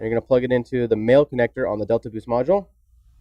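Someone talks about plugging the female plastic plug from the intake-tube sensor harness onto the male plastic connector of a plug-in tuner module, the Delta boost module. Only speech is heard across the 3.2 seconds, with no distinct click. Nothing has seated or clicked yet.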